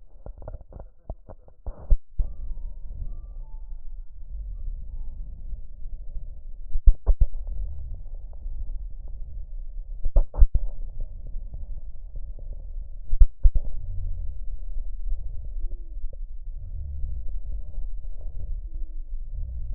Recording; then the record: lung sounds by stethoscope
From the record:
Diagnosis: emphysema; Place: left posterior upper chest